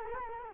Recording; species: mosquito wingbeat signal from an infrared sensor; Culex quinquefasciatus